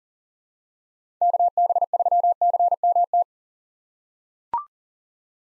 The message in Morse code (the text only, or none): KB3CMT